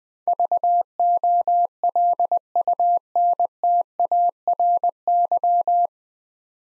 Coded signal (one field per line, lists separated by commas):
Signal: Morse code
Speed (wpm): 21 wpm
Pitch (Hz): 700 Hz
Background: none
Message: VOLUNTARY